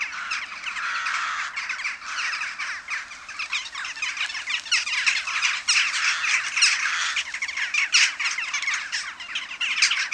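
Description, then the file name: Western jackdaw roost chorus: a dense, continuous din of many overlapping harsh squawks and short calls, surging and dipping in loudness throughout. Many jackdaws calling together at a communal roost. "Kauwenslaapplaats - luc de bruijn"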